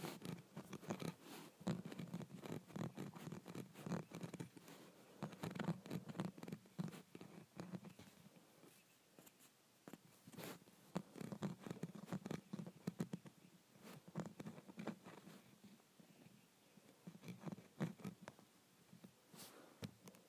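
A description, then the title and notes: Scratching on a window: rapid, uneven rasping strokes with sharp clicks, continuous for twenty seconds, thinning briefly around the middle before resuming. ASMR Scratching my Window.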